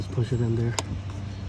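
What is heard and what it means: In a BMW E90, a small plastic cover labelled "airbag" is handled and pushed toward its spot on the interior pillar trim while someone talks. A brief handling tap is heard around 0.8 s, but nothing has seated or clicked yet.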